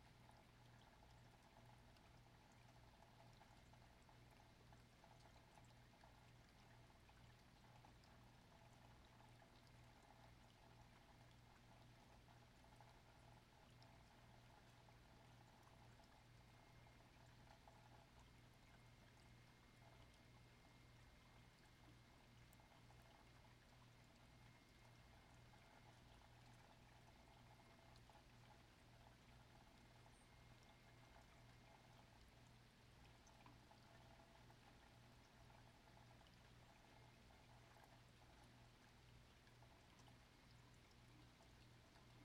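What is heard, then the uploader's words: Steady, dense rain hisses evenly throughout, with a low hum and a faint tonal ringing underneath that never changes. Just beautiful rain.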